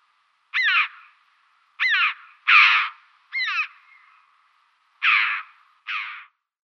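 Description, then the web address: Chough calls: six separate harsh, high calls at irregular intervals over about six seconds. "Schulze Peter Chough calls"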